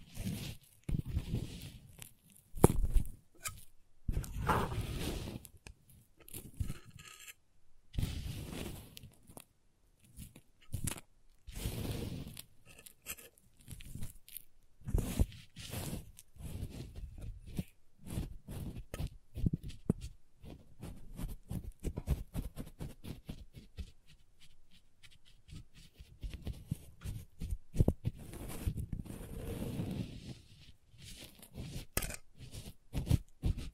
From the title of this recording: Crayons Tapping, Carving, Cutting, Drawing Sounds